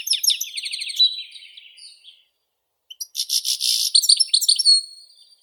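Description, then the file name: European goldfinch song: a fast tinkling trill fading away, a short silence, then a dense buzzy, jingling twitter. "Golosa ptic - CSHegol Carduelis carduelis"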